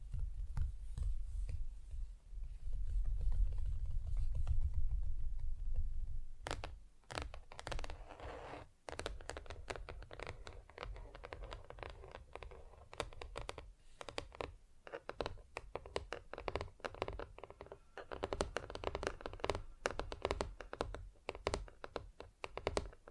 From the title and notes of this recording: ASMR Just Tapping (Different Surfaces No Talking).